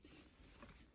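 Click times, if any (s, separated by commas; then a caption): none. A shifter piece is handled at the shift lever, where a Skunk2 short shift adapter has been slipped on but not yet tightened, before the piece is pushed back on until it clicks. Only quiet handling noise and low rustling are heard, with a faint tap at the very start. Nothing has seated or clicked yet.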